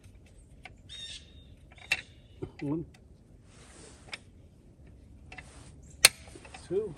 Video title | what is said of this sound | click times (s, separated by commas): Tesla Wheel Rim Rashes and Scratches | and one here. Should hear a pop. | 1.9 s